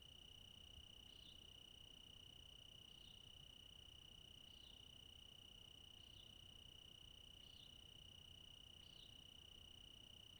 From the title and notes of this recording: Okanagon National Forest, All-night Cricket Ending. Crickets sing throughout. Towards morning twilight the Nightjars return. They circle above calling "peent... peent... peent".